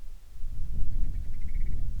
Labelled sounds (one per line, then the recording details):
wind
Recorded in the Prudhoe Bay oil fields, Alaska, on 25 July 2019 at 01:59
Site 11